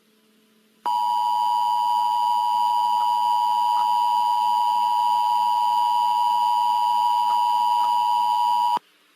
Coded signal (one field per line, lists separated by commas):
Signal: Emergency Alert System (SAME) tones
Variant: 853 and 960 Hz attention tone